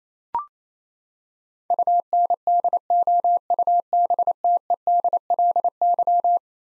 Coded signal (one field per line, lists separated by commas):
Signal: Morse code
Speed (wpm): 27 wpm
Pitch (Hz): 700 Hz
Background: none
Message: UNDOUBTEDLY